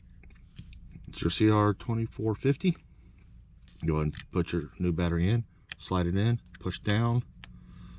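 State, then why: Not seated. A new CR2450 coin cell is slid into the plastic battery holder of a 2024 Ford Expedition 5-button smart key remote and pushed down, with faint light taps and handling ticks under someone talking. The cell does not latch in, so nothing has seated or clicked yet.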